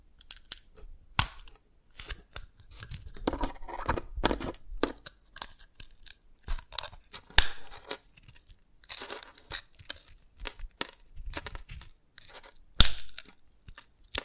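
Dalgona candy is tapped and cracked in a quick, irregular run of sharp clicks and snaps, some bright and crisp, others duller. Brief scraping and crinkling passages fill gaps between taps, and a louder crack lands near thirteen seconds.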